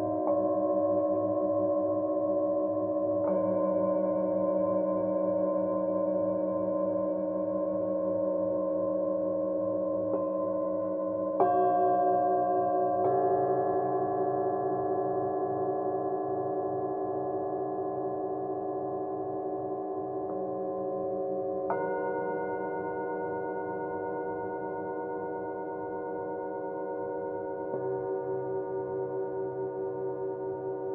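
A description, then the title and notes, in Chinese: A singing bowl hums in a steady, low, overlapping drone, with new tones struck around 3, 11, 13, 22 and 28 seconds, each ringing on. 舒缓头脑不适频率432Hz丨颂钵。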